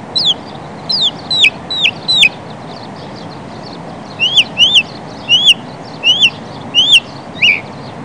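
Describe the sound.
Northern mockingbird song: sharp downslurred whistled notes repeated in a rapid series, a pause, then a second series of similar slurred notes, over steady background noise.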